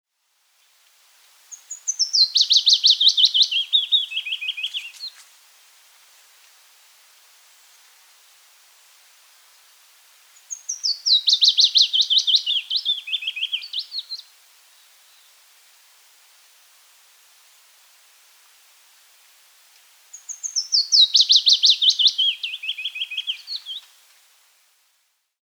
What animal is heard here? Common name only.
Willow Warbler